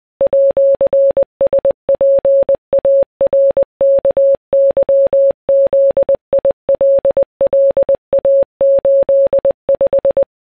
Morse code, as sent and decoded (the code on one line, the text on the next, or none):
.--.-. ... .--. .- .-. -.- -.-- --.. .. .-.. .-.. .- ---.. .....
@SPARKYZILLA85